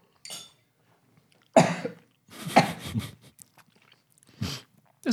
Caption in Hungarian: Mi ezen a köhögés? Szárad a torkom. Kiszárad a torkom.